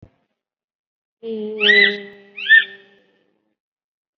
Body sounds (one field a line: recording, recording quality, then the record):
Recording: sustained vowel as in made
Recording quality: moderate, slight background noise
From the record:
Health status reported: COVID-19 positive, mild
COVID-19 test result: positive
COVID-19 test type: RT-PCR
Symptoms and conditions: cough, cold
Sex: female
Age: 32 years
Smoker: no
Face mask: worn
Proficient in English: yes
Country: India